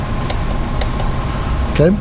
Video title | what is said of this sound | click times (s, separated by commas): 2011-2017 Jeep Patriot 2.4L Spark Plug Replacement | ahead we're gonna listen for the click okay | 0.3 s, 0.8 s